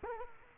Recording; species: mosquito wingbeat signal from an infrared sensor; Culex quinquefasciatus